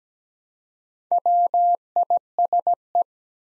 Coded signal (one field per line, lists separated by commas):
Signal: Morse code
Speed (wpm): 17 wpm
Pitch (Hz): 700 Hz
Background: none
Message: WISE